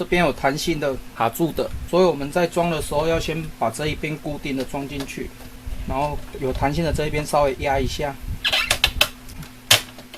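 Someone talks as the plastic rear panel of a Brother MFC-T800W inkjet printer is refitted into the housing after a waste ink pad replacement: the fixed side goes in first, then the side with the flexible spring clip is pressed down. Sharp snaps ring out near the end, with the clip clicking in at 9.0 s and 9.7 s. The panel is seated and clipped in place.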